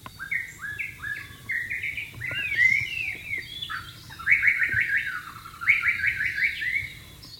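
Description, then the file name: White-rumped shama song of repeated slurred whistles and chattering runs, phrases flowing one into another. Wild bird, in the wild. "suara burung murai batu di alam liar"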